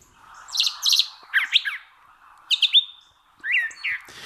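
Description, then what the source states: Brown Thrasher song: short varied phrases of buzzy chirps, sharp slurred notes and a clear whistled note, separated by brief pauses. Two-voiced song; the syrinx has two partly independent sound sources producing two different tones almost simultaneously.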